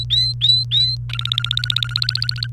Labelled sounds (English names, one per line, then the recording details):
Domestic Canary song
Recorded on 28 April 2018 at 06:02
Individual llb3